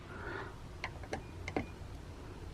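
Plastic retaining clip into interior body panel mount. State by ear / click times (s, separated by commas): seated / 0.8 s, 1.5 s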